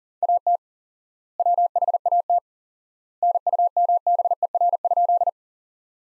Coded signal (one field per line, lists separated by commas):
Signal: Morse code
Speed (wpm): 40 wpm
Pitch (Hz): 700 Hz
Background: none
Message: AT WHAT NUMBER?